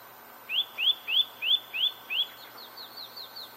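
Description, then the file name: Eurasian nuthatch giving six loud upslurred whistles at an even pace, followed by a run of softer, higher notes. "Sitta europaea"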